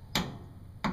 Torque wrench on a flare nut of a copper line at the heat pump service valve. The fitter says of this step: you heard it click it's tight you don't want to over-tighten these fittings